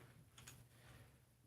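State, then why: Seated. A plastic brick piece is pressed down again onto a building set model with motors because it probably wasn't clicked down all the way. Two quick, sharp clicks sound at 0.4 s and 0.5 s over a steady low hum. The piece seats fully.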